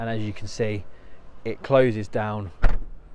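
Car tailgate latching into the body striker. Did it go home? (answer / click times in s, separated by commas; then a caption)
no / none. The powered tailgate of a Range Rover 3.0 TDV6 Vogue SE Auto is closing down after its button is pressed, moving toward the body striker while someone talks. The clip ends before the tailgate latch clicks shut, so nothing has seated or clicked yet.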